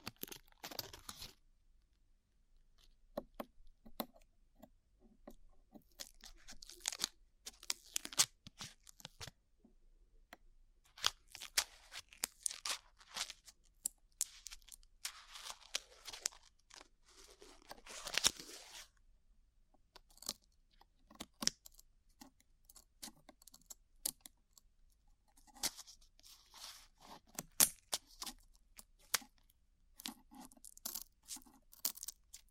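Glue being peeled off ears, a dense run of sticky crackles, snaps and tearing sounds that come in quick bursts with brief pauses between them. The crackling is bright and sharp, with louder peeling stretches around 7, 15 and 18 seconds and near 28 seconds.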